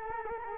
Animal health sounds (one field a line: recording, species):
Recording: mosquito wingbeat signal from an infrared sensor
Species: Culex quinquefasciatus